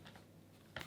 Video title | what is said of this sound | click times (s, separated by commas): Aukey 10,000mAh Wireless Charging Power Bank | on the lip that it sits on which is uh quite nice and everything clicks back into place when you're done | 0.8 s